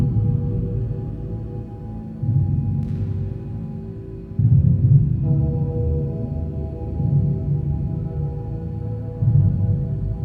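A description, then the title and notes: A low ambient drone hums steadily, with thick resonant tones below and a few faint sustained pitches floating higher up. The sound swells in slow waves, growing louder around four and a half seconds and again near nine seconds, with a soft metallic shimmer near three seconds. A 432Hz relaxing ambient drone sound bath resonating in A and the brow chakra. The sound bath is created using a combination of sound frequencies, including a drone sound that is tuned to 432Hz.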